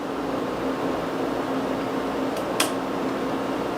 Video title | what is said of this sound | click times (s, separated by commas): Machine Q&A W/ Andy - Sewing Machines | all right so that also clicks into place yep okay | 2.6 s